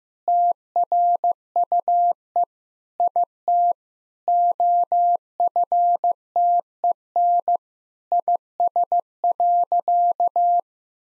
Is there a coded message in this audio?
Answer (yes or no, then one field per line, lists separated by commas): yes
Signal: Morse code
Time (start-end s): 0.3-10.6 s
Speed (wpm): 15 wpm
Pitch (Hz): 700 Hz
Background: none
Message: TRUE IT OFTEN IS.